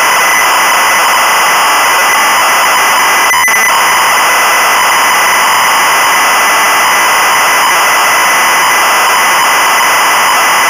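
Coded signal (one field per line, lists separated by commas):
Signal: ZX Spectrum tape loading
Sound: continuous harsh buzzing screech with steady loudness, like a cassette data block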